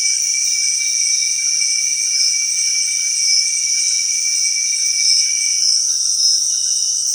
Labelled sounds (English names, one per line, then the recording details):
none
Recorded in dense forest near Puerto Asís, Putumayo, Colombia, on 20 February 2024 at 18:30
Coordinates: 0.499, -76.324
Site G6469